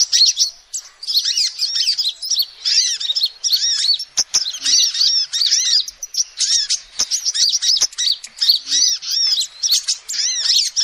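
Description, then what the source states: Lovebird calls, busy high-pitched twittering made of curved squeaky notes, delivered in quick runs separated by brief gaps, with faint clicks. Lovebird call used as a lure to trap birds.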